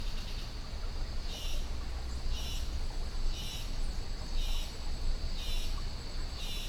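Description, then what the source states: Insects chattering in repeated high buzzy swells roughly once a second, each rising out of a steady drone, with a constant low roar of river water underneath. Insect chatter swelling in Costa Rica jungle rainforest beside a river at 06:32 AM; recorded with a Holophone.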